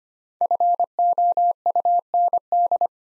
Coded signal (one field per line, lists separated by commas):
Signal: Morse code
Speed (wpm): 25 wpm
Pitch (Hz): 700 Hz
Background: none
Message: FOUND